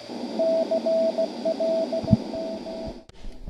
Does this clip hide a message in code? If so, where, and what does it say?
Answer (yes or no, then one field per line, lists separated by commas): yes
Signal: Morse code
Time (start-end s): 0.4-2.9 s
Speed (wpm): 16 wpm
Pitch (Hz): 650 Hz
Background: radio noise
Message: CLM